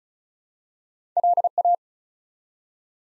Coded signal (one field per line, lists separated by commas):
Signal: Morse code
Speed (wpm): 36 wpm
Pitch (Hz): 700 Hz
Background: none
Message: LA